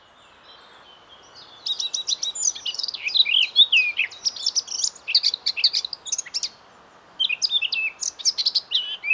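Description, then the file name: Eurasian blackcap song, quiet at first, then a long tumbling warble of high chirps, a short pause, and another hurried phrase. "Sylvia atricapilla"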